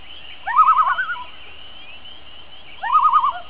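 Loon tremolo call: a rapid wavering trill after a rising start, repeated once about two and a half seconds later, with faint hiss in the background.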